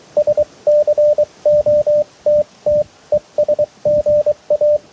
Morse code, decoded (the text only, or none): SCOTT ES GA